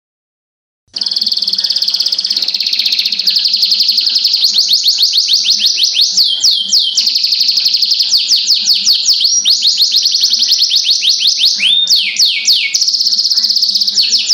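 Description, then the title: Oriental magpie-robin song starts after a second of silence, then a dense, steady stream of high rapid chirps, many per second, with occasional sweeping downslurs. Long-duration song recording, over an hour. "Kicau Kacer"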